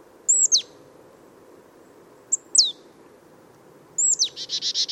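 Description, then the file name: Marsh Tit: sharp, high downslurred whistles, a brief slurred note, then a whistle leading into a buzzy, rapidly repeated chatter. "Poecile palustris"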